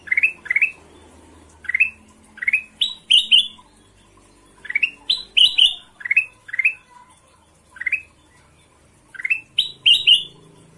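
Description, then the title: Ruby-throated bulbul song: bright, rising whistled chirps in pairs and short bursts, with brief gaps between phrases and a faint low hum beneath. Tutor song (masteran) of combination song for training birds. "Panjang Masteran Kutilang Emas Suara Kombinasi"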